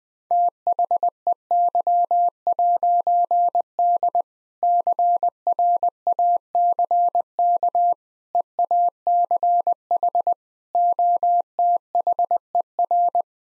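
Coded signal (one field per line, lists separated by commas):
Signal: Morse code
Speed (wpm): 20 wpm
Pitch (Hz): 700 Hz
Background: none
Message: THEY'D CRACK EACH OTHER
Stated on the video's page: Morse code practice at 20 wpm sending all-age jokes, using contextual priming.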